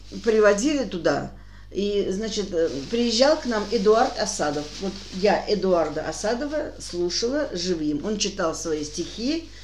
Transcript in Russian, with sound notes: приводили туда, и, значит, приезжал к нам Эдуард Асадов. Я Эдуарда Асадова [отчeтливо каждое слово] слушала живым, он читал свои стихи.